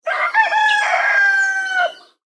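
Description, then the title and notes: Chicken: rooster crowing: one drawn-out cock-a-doodle-doo of about two seconds, opening with short broken syllables, then a long strained harmonic note that holds steady and fades out. Rooster crowing in the distance. "Rooster Crowing In The Distance appeared first on Orange Free Sounds"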